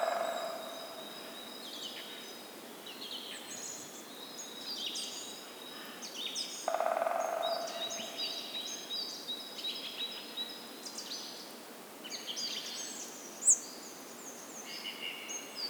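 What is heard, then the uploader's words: Woodpeckers and other forest birds call through a steady hiss, with thin, bright chirps and short trills scattered across the whole stretch. A low rushing swell opens the recording and returns near seven seconds, and a single sharp knock stands out around thirteen seconds. Woodpeckers in the Forest.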